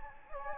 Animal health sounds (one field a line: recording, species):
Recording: mosquito wingbeat signal from an infrared sensor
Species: Anopheles gambiae